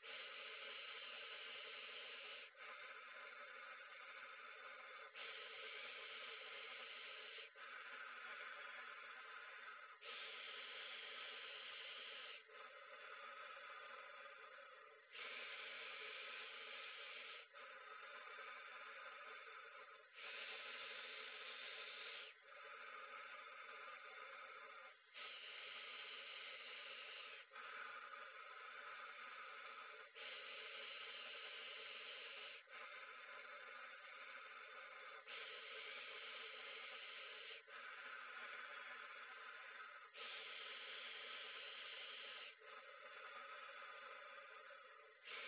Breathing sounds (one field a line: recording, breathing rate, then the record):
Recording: paced breathing near a phone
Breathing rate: 12 breaths a minute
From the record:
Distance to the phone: 40 cm